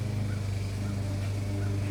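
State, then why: Not seated. A plastic top-rail cap for an above-ground pool is positioned outer edge first and lined up on the rail joint before being pressed home; nothing has snapped in yet. A steady low hum with faint outdoor background fills the clip, with no distinct click.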